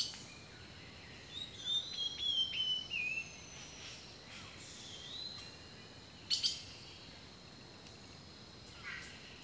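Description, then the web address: Bird song with brief whistled notes falling in pitch early on, a single sharp high chirp later, and a continuous thin high tone throughout. Rainforest birdsong. "The Natural Sounds of the Wilderness 10 CDs collection Echoes of Nature - Rainforest 03 Birdsong"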